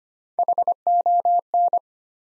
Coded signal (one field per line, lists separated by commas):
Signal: Morse code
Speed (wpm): 25 wpm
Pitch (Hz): 700 Hz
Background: none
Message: HON